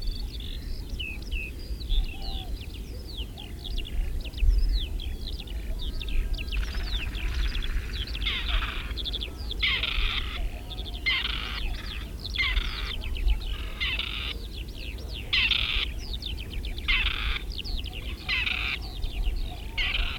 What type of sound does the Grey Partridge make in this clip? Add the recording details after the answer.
call. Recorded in the wild. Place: Albesti, Transilvania, RO. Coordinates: 46.258, 24.86. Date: 1973-04-27. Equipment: Nagra III BH, Sennheiser MD 21, parabola. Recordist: Schubert, Michael. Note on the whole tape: Rufe v. 2 Rebhähnen, Fluggeräusch